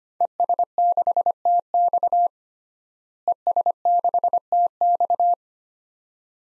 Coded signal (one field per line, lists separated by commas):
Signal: Morse code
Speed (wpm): 25 wpm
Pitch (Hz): 700 Hz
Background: none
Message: ES6TX ES6TX